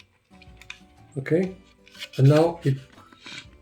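The rotating shade on a Seafrogs M67-2 underwater correction wet dome lens is turned and clicks into its locked position at 0.7 s, after a few small handling ticks. Someone then talks, and the shade no longer rotates.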